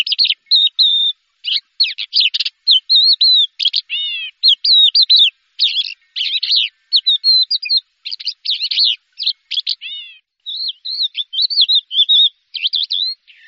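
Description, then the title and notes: Bird song: a fast, busy stream of high chirps, trills and warbled slurs, in short bursts with brief gaps throughout. "Kicau Burung Lengkap"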